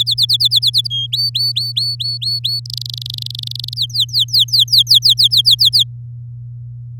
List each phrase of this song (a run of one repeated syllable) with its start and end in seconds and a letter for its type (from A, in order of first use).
0.00-0.87 A, 0.90-1.07 B, 1.12-2.60 C, 2.65-3.74 D, 3.76-5.84 E